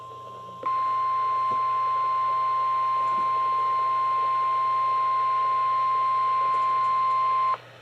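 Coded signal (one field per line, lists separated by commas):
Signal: Emergency Alert System (SAME) tones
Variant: 1050 Hz attention tone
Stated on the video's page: NOAA weather radio Required Weekly Test, received on a Midland HH54 VP2 weather radio; tests run Wednesdays at noon.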